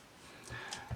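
The lower leg section of a plastic YW-2412 Tiger transforming tank-robot toy is pushed into the socket that joins it to the thigh, with faint handling noise underneath. A single sharp click at 0.7 s marks the part seating, followed by a duller low thump just after 0.9 s.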